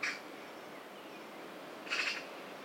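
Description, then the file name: Eurasian magpie giving two short, harsh, rasping notes about two seconds apart over a steady background hiss. "Pica pica"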